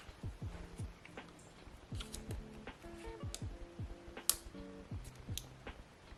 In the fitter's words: Ooh, did y'all hear that? The click.